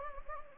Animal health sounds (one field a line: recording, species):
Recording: mosquito wingbeat signal from an infrared sensor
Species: Anopheles gambiae